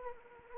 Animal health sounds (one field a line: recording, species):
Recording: mosquito wingbeat signal from an infrared sensor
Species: Anopheles arabiensis